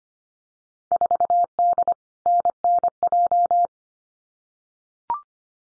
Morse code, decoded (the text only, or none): 4D NNJ